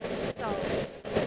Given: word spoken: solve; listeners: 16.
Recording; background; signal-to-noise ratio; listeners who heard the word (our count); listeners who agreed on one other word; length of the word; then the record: one English word in noise, from a listening test; noise modulated by three-talker babble; -6.8 dB; 2 of 16; 6 of 16; 0.87 s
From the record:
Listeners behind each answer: 6, 2, 2, 2, 2, 1, 1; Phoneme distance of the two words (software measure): 10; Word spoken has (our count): 1 syllable, 4 phonemes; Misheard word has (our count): 1 syllable, 4 phonemes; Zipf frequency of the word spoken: 4.30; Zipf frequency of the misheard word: 4.69